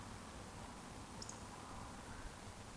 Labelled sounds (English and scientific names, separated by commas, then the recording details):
Eurasian Woodcock (Scolopax rusticola) whistle
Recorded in Baden-Württemberg, Germany, on 13 June 2020 at 20:34 UTC
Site 14569, 102 m above sea level